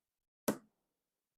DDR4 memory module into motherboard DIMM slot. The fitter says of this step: and you're locked in.